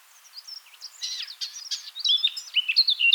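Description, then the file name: Eurasian blackcap song, a rapid jumble of scratchy notes leading into bright, clear whistled phrases that grow louder toward the end. "Sylvia atricapilla"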